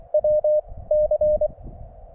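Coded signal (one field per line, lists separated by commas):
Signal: Morse code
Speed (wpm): 23 wpm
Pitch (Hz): 590 Hz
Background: none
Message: W C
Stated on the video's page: SOTA summit activation on an overnight desert hiking trip.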